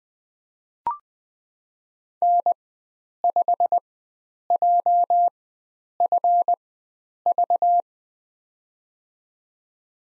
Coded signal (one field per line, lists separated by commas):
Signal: Morse code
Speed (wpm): 20 wpm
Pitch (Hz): 700 Hz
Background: none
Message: N5JFV